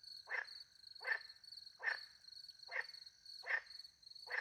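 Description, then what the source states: Frog producing short, evenly spaced croaks about every three-quarters of a second, with high continuous cricket trills. Frogs calling by night in French countryside beside a little pond, with crickets; microphones hidden in a tree close to the pond, two Usi pro microphones into a Mixpre 10 II.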